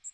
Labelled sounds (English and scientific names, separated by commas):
Magnolia Warbler (Setophaga magnolia) flight call